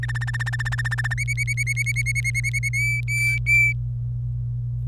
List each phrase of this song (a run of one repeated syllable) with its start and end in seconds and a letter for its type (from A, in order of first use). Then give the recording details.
0.03-1.14 A, 1.18-2.69 B, 2.73-3.73 C. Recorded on 25 April 2018 at 17:08. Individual llb3